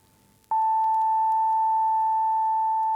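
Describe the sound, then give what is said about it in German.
A steady, pure electronic test tone from the right loudspeaker, part of a left-right speaker test alternating with a lower tone from the left, starts abruptly after a brief quiet moment and holds at a constant, fairly high pitch and loud level until the end, with no voices. “Sie hören abwechselnd aus dem linken Lautsprecher einen tiefen Ton und aus dem rechten einen höheren.”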